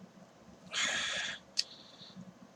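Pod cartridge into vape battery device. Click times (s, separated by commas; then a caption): 1.6 s. A plastic pod cartridge is pushed against resistance into the slot of a black Suorin Air vape device, which is really tight. A broad scraping hiss runs from about 0.7 to 1.4 s, then a sharp click at 1.6 s with a brief high ring as the pod snaps home and is seated.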